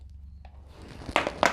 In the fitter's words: just pops in